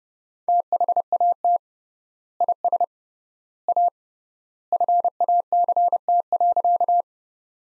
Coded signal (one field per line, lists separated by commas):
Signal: Morse code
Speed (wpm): 30 wpm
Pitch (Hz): 700 Hz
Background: none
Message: THAT IS A FACT.